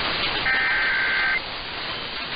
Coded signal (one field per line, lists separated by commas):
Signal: Emergency Alert System (SAME) tones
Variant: header bursts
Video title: Last Minnesota RMT of 2022 (EAS #9217) 12/7/22